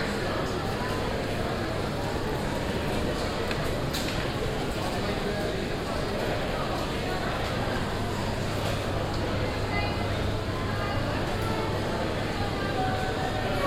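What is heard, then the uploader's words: Steady murmur of many overlapping voices fills an airport boarding area, with no single speaker standing out. A low constant hum runs underneath, and a few brief clicks or knocks sound around four seconds and near the middle. The level stays even throughout. Eindhoven Airport. Waiting in the boarding area.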